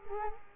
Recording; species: mosquito wingbeat signal from an infrared sensor; Culex quinquefasciatus